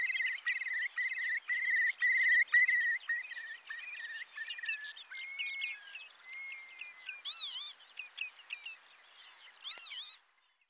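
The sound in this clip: Curlew calls: a run of short whistled notes repeated about twice a second, then two higher, arched whistles near the end.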